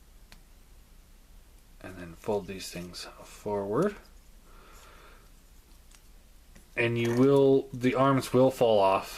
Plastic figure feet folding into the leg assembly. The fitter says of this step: Then you take the feet and they will fold up, just lock into place,